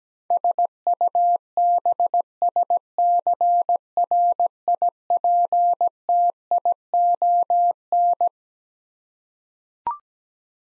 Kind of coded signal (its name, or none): Morse code